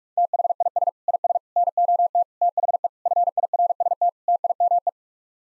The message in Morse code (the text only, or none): THIS IS NOT THE FIRST TIME